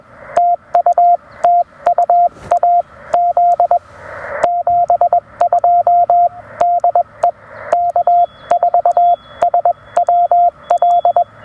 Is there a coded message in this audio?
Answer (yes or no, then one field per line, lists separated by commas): yes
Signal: Morse code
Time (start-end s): 0.4-11.2 s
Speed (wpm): 21 wpm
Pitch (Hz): 690 Hz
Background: radio noise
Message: TU TUA Z 72 DE K4SWL